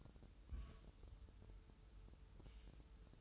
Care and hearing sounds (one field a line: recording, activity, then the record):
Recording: daily activity, microphone in the room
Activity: place on stove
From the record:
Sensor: 2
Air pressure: 988.1 hPa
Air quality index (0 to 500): 191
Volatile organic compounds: 186 ppm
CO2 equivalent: 4166 ppm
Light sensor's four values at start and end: 21/70/27/26 and 21/70/27/26